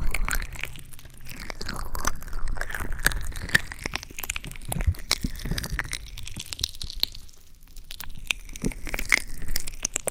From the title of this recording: ASMR Ear Massage